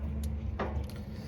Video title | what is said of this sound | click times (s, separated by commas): Cat 259D3 Crank Case Filter Change | See, latches right in there, | 0.6 s